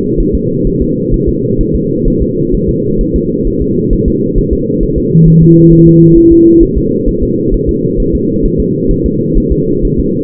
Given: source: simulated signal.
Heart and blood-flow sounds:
fetal heart sounds
0.20 s: S1
0.35 s: S2
0.67 s: S1
0.82 s: S2
1.14 s: S1
1.29 s: S2
1.61 s: S1
1.76 s: S2
2.08 s: S1
2.22 s: S2
2.55 s: S1
2.69 s: S2
3.01 s: S1
3.16 s: S2
3.47 s: S1
3.62 s: S2
3.93 s: S1
4.08 s: S2
4.38 s: S1
4.53 s: S2
4.83 s: S1
4.98 s: S2
5.28 s: S1
5.43 s: S2
5.73 s: S1
5.87 s: S2
6.18 s: S1
6.32 s: S2
6.63 s: S1
6.78 s: S2
7.09 s: S1
7.23 s: S2
7.54 s: S1
7.69 s: S2
8.00 s: S1
8.15 s: S2
8.46 s: S1
8.60 s: S2
8.91 s: S1
9.06 s: S2
9.38 s: S1
9.52 s: S2
9.85 s: S1
10.00 s: S2
From the record:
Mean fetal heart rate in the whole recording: 130 bpm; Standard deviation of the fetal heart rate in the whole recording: 4 bpm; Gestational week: 38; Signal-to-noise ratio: -11.2 dB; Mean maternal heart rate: 72 bpm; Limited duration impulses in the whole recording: present

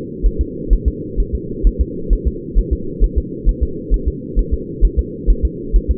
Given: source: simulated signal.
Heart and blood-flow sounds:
fetal heart sounds
0.26 s: S1
0.41 s: S2
0.73 s: S1
0.88 s: S2
1.20 s: S1
1.35 s: S2
1.67 s: S1
1.81 s: S2
2.13 s: S1
2.27 s: S2
2.59 s: S1
2.73 s: S2
3.04 s: S1
3.18 s: S2
3.49 s: S1
3.63 s: S2
3.94 s: S1
4.08 s: S2
4.39 s: S1
4.54 s: S2
4.85 s: S1
4.99 s: S2
5.30 s: S1
5.45 s: S2
5.76 s: S1
5.91 s: S2
From the record:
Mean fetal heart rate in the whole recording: 130 bpm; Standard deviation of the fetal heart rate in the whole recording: 2 bpm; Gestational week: 36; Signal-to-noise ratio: -4.3 dB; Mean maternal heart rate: 72 bpm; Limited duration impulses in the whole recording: absent

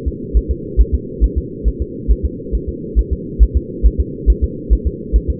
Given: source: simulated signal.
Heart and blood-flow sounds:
fetal heart sounds
0.08 s: S2
0.37 s: S1
0.51 s: S2
0.81 s: S1
0.94 s: S2
1.24 s: S1
1.38 s: S2
1.68 s: S1
1.82 s: S2
2.11 s: S1
2.25 s: S2
2.55 s: S1
2.69 s: S2
2.99 s: S1
3.13 s: S2
3.43 s: S1
3.57 s: S2
3.86 s: S1
4.00 s: S2
4.30 s: S1
4.44 s: S2
4.73 s: S1
4.87 s: S2
5.16 s: S1
5.30 s: S2
From the record:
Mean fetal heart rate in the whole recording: 140 bpm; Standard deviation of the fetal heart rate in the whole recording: 2 bpm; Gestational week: 34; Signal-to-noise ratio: -4.1 dB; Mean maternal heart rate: no maternal heart sound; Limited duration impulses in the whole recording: absent

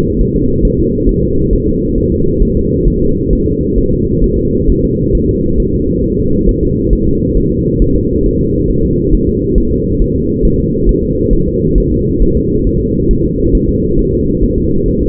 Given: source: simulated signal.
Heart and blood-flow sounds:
fetal heart sounds
0.21 s: S1
0.36 s: S2
0.65 s: S1
0.79 s: S2
1.09 s: S1
1.23 s: S2
1.53 s: S1
1.68 s: S2
1.98 s: S1
2.12 s: S2
2.43 s: S1
2.57 s: S2
2.88 s: S1
3.02 s: S2
3.33 s: S1
3.47 s: S2
3.78 s: S1
3.93 s: S2
4.24 s: S1
4.38 s: S2
4.70 s: S1
4.84 s: S2
5.15 s: S1
5.29 s: S2
5.60 s: S1
5.74 s: S2
6.04 s: S1
6.19 s: S2
6.49 s: S1
6.63 s: S2
6.93 s: S1
7.07 s: S2
7.37 s: S1
7.52 s: S2
7.82 s: S1
7.96 s: S2
8.26 s: S1
8.41 s: S2
8.70 s: S1
8.85 s: S2
9.14 s: S1
9.29 s: S2
9.58 s: S1
9.73 s: S2
10.02 s: S1
10.16 s: S2
10.45 s: S1
10.60 s: S2
10.89 s: S1
11.04 s: S2
11.33 s: S1
11.48 s: S2
11.78 s: S1
11.92 s: S2
12.22 s: S1
12.37 s: S2
12.67 s: S1
12.81 s: S2
13.11 s: S1
13.25 s: S2
13.55 s: S1
13.69 s: S2
13.99 s: S1
14.13 s: S2
14.43 s: S1
14.58 s: S2
14.88 s: S1
15.03 s: S2
From the record:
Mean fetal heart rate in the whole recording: 135 bpm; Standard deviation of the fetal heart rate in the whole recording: 3 bpm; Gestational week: 36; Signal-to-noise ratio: -15.3 dB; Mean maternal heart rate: 72 bpm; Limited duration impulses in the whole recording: present

